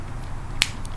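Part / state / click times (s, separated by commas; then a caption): nose cone section into the fuselage of a transforming robot toy / seated / 0.6 s. The nose cone and landing gear door section of a Bandai DX Chogokin VF-171EX Nightmare Plus Alto Saotome Custom die-cast transforming robot toy is pushed a little into the fuselage until it locks in place. One sharp snap sounds at 0.6 s, followed by a much fainter tick at 0.9 s over a low steady background. The section is seated and locked.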